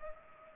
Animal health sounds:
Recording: mosquito wingbeat signal from an infrared sensor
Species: Culex pipiens

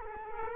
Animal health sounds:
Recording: mosquito wingbeat signal from an infrared sensor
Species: Culex quinquefasciatus

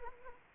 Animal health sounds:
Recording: mosquito wingbeat signal from an infrared sensor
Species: Anopheles arabiensis

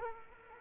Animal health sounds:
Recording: mosquito wingbeat signal from an infrared sensor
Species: Culex quinquefasciatus

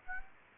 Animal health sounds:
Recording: mosquito wingbeat signal from an infrared sensor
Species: Aedes aegypti

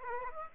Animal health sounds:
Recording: mosquito wingbeat signal from an infrared sensor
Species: Aedes aegypti

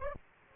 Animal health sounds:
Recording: mosquito wingbeat signal from an infrared sensor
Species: Aedes aegypti

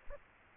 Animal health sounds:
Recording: mosquito wingbeat signal from an infrared sensor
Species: Aedes aegypti

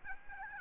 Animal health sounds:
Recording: mosquito wingbeat signal from an infrared sensor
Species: Aedes albopictus

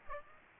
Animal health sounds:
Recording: mosquito wingbeat signal from an infrared sensor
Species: Aedes aegypti

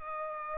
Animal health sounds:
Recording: mosquito wingbeat signal from an infrared sensor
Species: Culex pipiens

